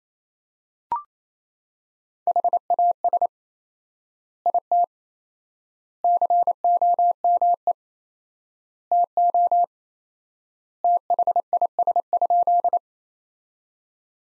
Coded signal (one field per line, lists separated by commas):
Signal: Morse code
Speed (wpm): 28 wpm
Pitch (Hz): 700 Hz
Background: none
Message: HAS IT COME TO THIS?